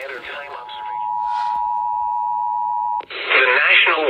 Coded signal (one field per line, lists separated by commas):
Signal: Emergency Alert System (SAME) tones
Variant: 853 and 960 Hz attention tone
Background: speech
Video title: 8/30/20 EAS Alerts Compilation(EAS 78-92)